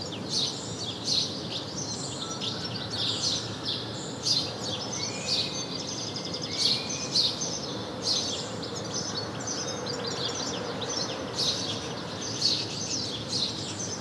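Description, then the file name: House sparrow chirps, repeated sharp notes every second or so, a couple of softer drawn-out notes between, and steady low noise beneath. "Passer domesticus"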